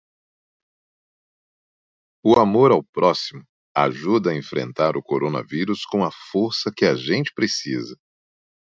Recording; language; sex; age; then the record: spoken sentence; Brazilian Portuguese; male; 40 to 49 years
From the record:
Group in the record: control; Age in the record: 43 years